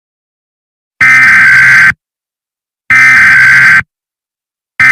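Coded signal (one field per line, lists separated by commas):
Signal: Emergency Alert System (SAME) tones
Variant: header bursts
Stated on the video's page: Fictional EAS scenario tones for an asteroid impact.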